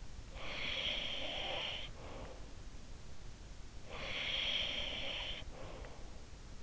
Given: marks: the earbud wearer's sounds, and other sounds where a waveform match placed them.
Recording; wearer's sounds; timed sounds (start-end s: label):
sounds in sleep by an in-ear microphone; breath
0.08-2.74 s: breath
3.43-6.32 s: breath